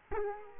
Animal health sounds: mosquito wingbeat signal from an infrared sensor; Culex quinquefasciatus

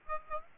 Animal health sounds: mosquito wingbeat signal from an infrared sensor; Aedes aegypti

